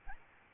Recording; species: mosquito wingbeat signal from an infrared sensor; Aedes albopictus